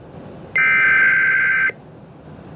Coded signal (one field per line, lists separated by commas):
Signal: Emergency Alert System (SAME) tones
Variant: header bursts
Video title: EAS #350 - Tornado Emergency (WTGR)